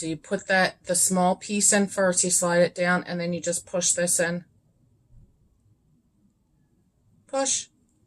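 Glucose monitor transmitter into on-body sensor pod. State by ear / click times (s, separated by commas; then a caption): not seated / none. A plastic Dexcom G6 glucose monitor transmitter is being handled for insertion into the adhesive sensor pod on the skin, small end slid in first and then pushed down. Someone talks through the steps for about 4.4 seconds, then there is near silence apart from a brief sound around 7.3 seconds. The transmitter has not yet seated or clicked into the pod.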